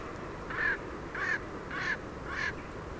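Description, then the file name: Eurasian jay giving four harsh, rasping screeches about every 0.6 seconds, each short and noisy, over steady low background rumble. "Garrulus glandarius"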